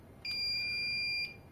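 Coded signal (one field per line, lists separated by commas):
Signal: beep code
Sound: one steady high-pitched buzzer beep lasting about one second, with faint clicks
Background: small room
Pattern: 1 long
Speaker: 1, 2, 3, 9965. Repare nesse LED aqui.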